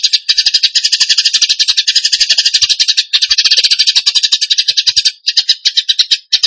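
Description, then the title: Bird song: a dense, fast, high buzzy trill running almost without break, with a few short gaps near the end. A bird singing in the tembakan gacor style; masteran training. "Masteran Burung Tembakan Gacor"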